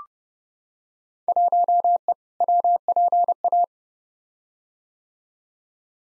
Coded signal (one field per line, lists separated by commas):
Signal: Morse code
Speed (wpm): 29 wpm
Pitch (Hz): 700 Hz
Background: none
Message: 1E WPA